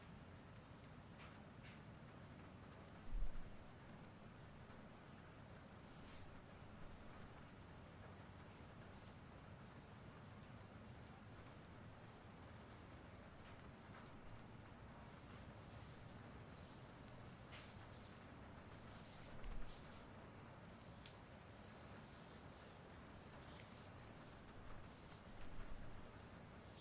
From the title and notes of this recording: ASMR shoulders Relaxing massage no talking. Intense asmr shoulder massage rp with tools.